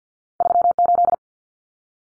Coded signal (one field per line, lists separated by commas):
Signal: Morse code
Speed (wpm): 50 wpm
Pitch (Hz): 700 Hz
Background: none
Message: 38